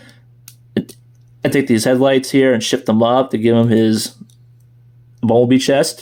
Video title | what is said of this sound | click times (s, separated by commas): Transformers reviews: Sudio Series 100 ROTB Bumblebee | and you just take the front of the chest here up and down all the way until it clicks | 0.5 s, 0.8 s